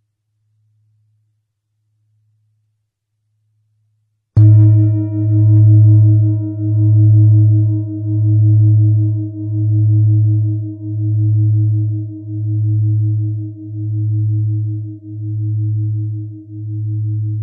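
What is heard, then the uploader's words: A low tone near 107 Hz, faintly pulsing at first, swells in at four seconds with a bright ringing overtone, throbbing steadily to the end. 107.245 Hz.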